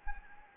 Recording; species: mosquito wingbeat signal from an infrared sensor; Anopheles gambiae